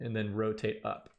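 Someone talks while a plastic terminal block is handled at a DIN-rail PLC I/O module slice, hooked at the bottom and about to be rotated up toward it. Only speech is heard; the block has not yet snapped into place, and nothing has seated or clicked.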